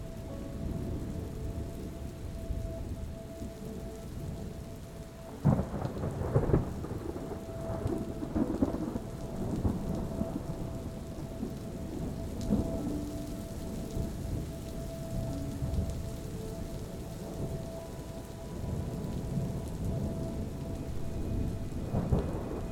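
Thunder rumbles low and close over steady rain, with a sharp burst near five seconds, while soft sustained music tones hum underneath.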